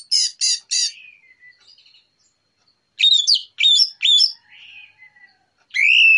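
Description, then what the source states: Orange-headed thrush giving rapid repeated high notes, a trailing soft warble, then loud swooping whistles and a final strong whistled note. Morning lure recording, described as relaxed and clear.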